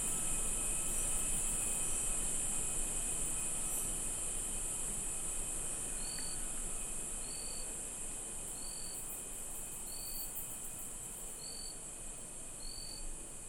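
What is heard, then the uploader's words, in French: A street scene in Tarapoto, Peru, with a steady low rumble of traffic under a constant high shrill of insects. From about the middle, a short, bright chirp repeats at an even pace, roughly once every second and a half. Carte postale sonore du Pérou. A 800 kilomètres de Lima, dans les contreforts des Andes, à l'orée de la forêt peuplée d'animaux mystérieux, Tarapoto est considérée comme la ville la plus bruyante du Pérou. Carte postale sonore en stéréo.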